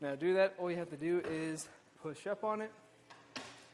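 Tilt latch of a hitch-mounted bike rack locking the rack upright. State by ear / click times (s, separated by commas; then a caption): seated / 3.4 s. Someone talks while the tilted-down Saris SuperClamp hitch-mounted bike rack for 2 bikes, on a 2016 Cadillac SRX, is pushed back up into its upright position. A faint knock at 3.1 s is followed by a sharp click at 3.4 s as the tilt latch engages and the rack locks upright.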